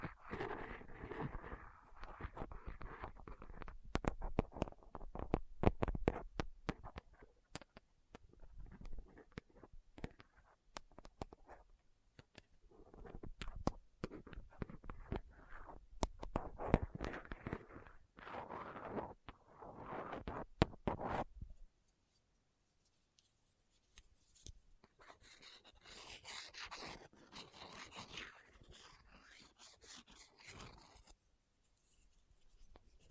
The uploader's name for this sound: Rough Mic Picking using Dental PickTweezersCotton Swab